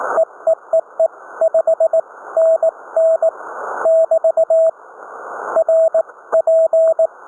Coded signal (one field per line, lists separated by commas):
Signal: Morse code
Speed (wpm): 18 wpm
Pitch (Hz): 650 Hz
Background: radio noise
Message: EEEE 5NN <BT> RP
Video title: CW Morse Code QSO's 19th April 2020